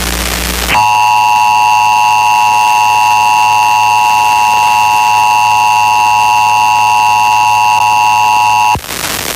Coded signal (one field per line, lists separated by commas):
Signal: Emergency Alert System (SAME) tones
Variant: 853 and 960 Hz attention tone